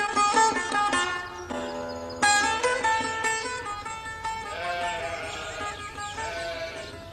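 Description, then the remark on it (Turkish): Several sheep bleat over one another in a steady, overlapping chorus, their wavering, nasal cries rising and falling for several seconds with no pause. “Bak şu seçtiğim hayvanlara iyi bak, tamam mı?”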